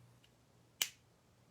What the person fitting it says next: ok ce clic là est méga important parce que vous fermez votre crayon